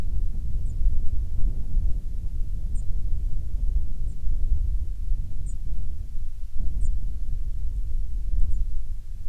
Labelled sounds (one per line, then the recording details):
songbird
wind
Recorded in the Prudhoe Bay oil fields, Alaska, on 7 August 2019 at 05:25
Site 13